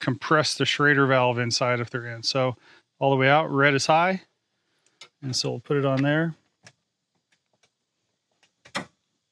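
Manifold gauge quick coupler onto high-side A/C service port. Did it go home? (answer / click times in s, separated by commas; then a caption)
yes / 8.7 s. Someone talks while the red high-side quick coupler of a manifold gauge set is pushed onto a car's high-pressure A/C service port, with its valve turned all the way out to avoid compressing the Schrader valve inside. Faint taps and clicks follow, and the coupler snaps and locks into place at 8.7 s.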